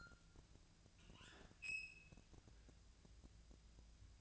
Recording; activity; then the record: daily activity, microphone in the room; open fridge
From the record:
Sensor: 2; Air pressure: 999.9 hPa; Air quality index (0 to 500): 122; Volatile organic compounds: 2 ppm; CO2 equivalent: 1046 ppm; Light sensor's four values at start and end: 31/79/33/37 and 32/79/34/37